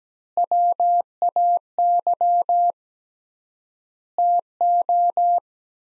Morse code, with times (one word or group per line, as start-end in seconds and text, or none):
0.4-2.7 WAY
4.2-5.4 TO